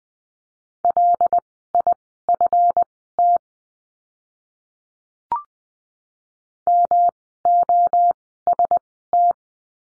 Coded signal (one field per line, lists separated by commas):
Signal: Morse code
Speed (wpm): 20 wpm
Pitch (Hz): 700 Hz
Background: none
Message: LIFT MOST